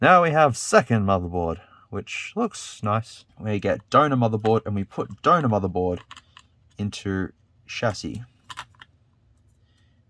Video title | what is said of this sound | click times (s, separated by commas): JOB LOT 16: Here's a ridiculously long job lot that includes testing a bunch of phones! | and somehow it just clicks into place like yeah that that's pretty good | 8.8 s